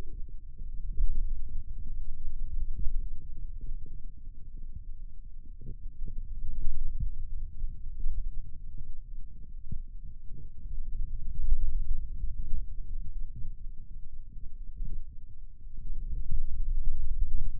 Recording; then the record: forearm muscle sounds (acoustic myography)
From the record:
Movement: finger pinch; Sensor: system 2, bracelet of six BSWA MPA416 microphones around the upper forearm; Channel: 2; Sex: male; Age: 22 years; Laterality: right